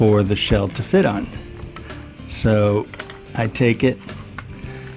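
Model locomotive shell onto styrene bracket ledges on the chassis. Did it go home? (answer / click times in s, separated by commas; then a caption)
yes / 4.4 s. An HO scale locomotive body shell is pressed onto styrene L-bracket ledges on the chassis that were shaved down into small shelves. Someone talks, and a sharp pop is heard at 4.4 seconds as the shell snaps into place and seats on the brackets.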